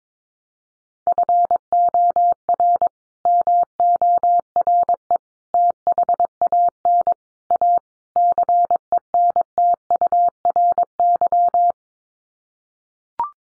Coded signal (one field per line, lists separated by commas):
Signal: Morse code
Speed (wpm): 22 wpm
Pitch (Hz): 700 Hz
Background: none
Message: FOR MORE THAN A CENTURY